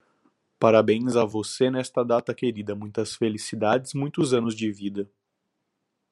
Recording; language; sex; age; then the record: short text; Brazilian Portuguese; male; 20 to 29 years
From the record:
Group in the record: control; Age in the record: 24 years